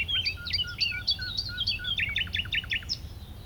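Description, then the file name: Common nightingale delivering a varied run of quick whistled and chirping notes, some repeated in even series, with soft low notes between. "Luscinia megarhynchos"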